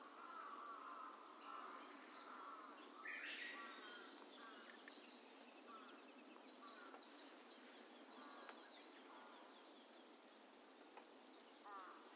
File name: Golosa ptic - Pyatnistyj sverchok Locustella lanceolata